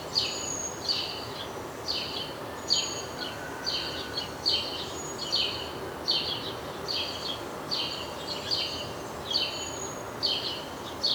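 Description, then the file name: House sparrow chirping in a steady series of brief notes, some paired, roughly once a second, with a faint higher call and background hiss. "Passer domesticus"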